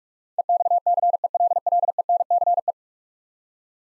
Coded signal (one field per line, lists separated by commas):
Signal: Morse code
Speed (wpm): 46 wpm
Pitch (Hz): 700 Hz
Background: none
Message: EXCELLENCE